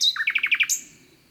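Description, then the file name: Common nightingale: a brief whistle followed by several quick repeated notes and a sharp high final note. "Luscinia megarhynchos"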